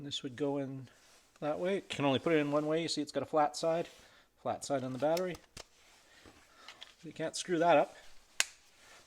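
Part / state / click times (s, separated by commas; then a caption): battery pack into cordless power tool / seated / 8.4 s. A battery pack with a flat keyed side is slid into a new cordless power tool while someone talks. It snaps home with one sharp click at 8.4 seconds and locks into place.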